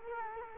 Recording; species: mosquito wingbeat signal from an infrared sensor; Culex quinquefasciatus